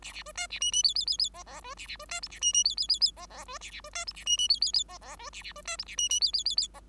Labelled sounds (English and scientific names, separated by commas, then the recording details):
Bengalese Finch (Lonchura striata domestica) song
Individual Bird5